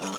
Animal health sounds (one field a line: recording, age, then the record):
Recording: pig call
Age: piglet (1 to 25 days)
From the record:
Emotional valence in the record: negative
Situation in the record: fighting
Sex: male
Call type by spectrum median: low-frequency call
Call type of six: mixed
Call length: 0.19 s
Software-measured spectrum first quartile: 585 Hz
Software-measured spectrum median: 1404 Hz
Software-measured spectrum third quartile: 4794 Hz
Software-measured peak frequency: 1309 Hz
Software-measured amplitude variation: 63 dB a second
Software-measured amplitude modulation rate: 18.4 a second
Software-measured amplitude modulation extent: 3.4 dB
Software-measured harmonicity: 0.6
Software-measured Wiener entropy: -1.89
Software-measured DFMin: 694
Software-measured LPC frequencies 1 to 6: 581, 1275, 2552, 3209, 5683, 6642 Hz